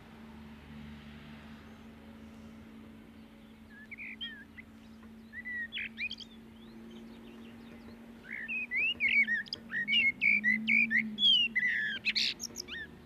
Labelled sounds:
Common Blackbird song
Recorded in the wild
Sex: male
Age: adult
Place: Homburg, Saarland, DE
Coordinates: 49.2397, 7.3398
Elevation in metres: 243
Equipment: Nagra IV, Sennheiser MKH 405, Parabolreflektor
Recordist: Tretzel, Erwin

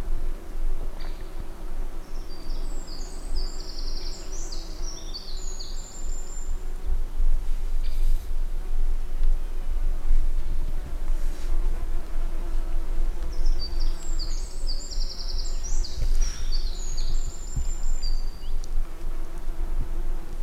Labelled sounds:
Eurasian Wren song
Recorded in the wild
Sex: male
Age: adult
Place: Langasjönas, Blekinge, SE
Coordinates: 56.2369, 14.8611
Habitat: wood
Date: 2006-07-30
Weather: no clouds, ca. 20°C, almost no wind
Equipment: Marantz PMD 660, Sennheiser ME 66, Windkorb
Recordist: Frommolt, Karl-Heinz

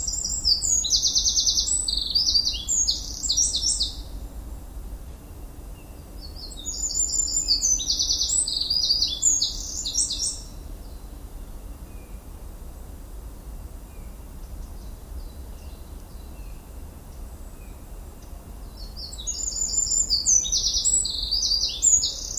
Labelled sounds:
Eurasian Wren
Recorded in the wild
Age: adult
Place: Villach, Kärnten, AT
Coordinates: 46.591, 13.824
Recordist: Brunner, Thomas
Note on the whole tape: Aufnahme: Zeitpunkt nicht mehr bekannt, Napoleonswiese, Villach

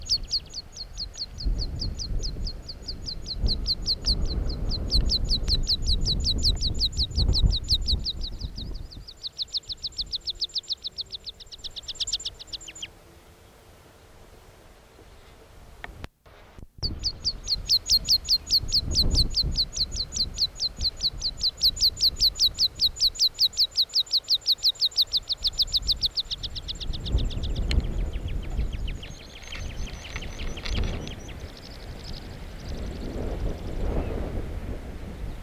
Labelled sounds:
Meadow Pipit song
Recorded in the wild
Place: Bruchberg, Niedersachsen, DE
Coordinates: 51.78, 10.52
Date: 1986-06-15
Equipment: Sony WM-D6C, Parabolscheibe
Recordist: Skiba, Reinald

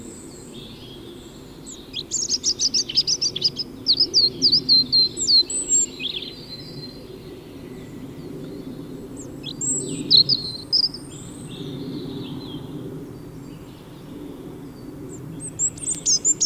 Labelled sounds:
European Robin song
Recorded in the wild
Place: Kaiserslautern, Rheinland-Pfalz, DE
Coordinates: 49.4481, 7.78778
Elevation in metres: 241
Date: 1974-03-28
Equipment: Nagra IV, Sennheiser MKH 405, Parabolreflektor
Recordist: Tretzel, Erwin

